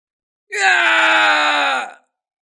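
A man, the character Kim Xích Tiêu in the story Già Thiên, lets out a single loud, strained scream of pain lasting about a second and a half as a divine arrow pierces his shoulder. His raw voice holds steady before trailing off with a slight drop in pitch.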